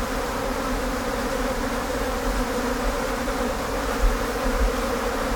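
Blowfly buzzing, a thick continuous hum of several wingbeat tones, steady throughout with a couple of short bumps in loudness.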